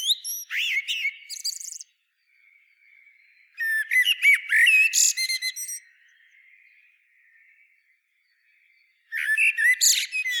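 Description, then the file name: Common blackbird song: three warbled phrases of low whistled notes breaking into high squeaky twitters, separated by pauses of a few seconds. "Turdus merula"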